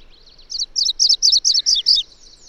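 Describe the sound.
Bird singing: a quick series of about seven bright, high chirping notes, with a faint low buzz partway through.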